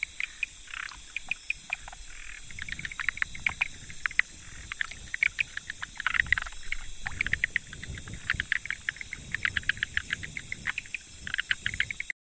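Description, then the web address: Frog giving many sharp clicks and rattles, irregular and overlapping, with a soft low rumble in the background before the sound cuts off at the end. 25 October 2014. "frog rec 20141025"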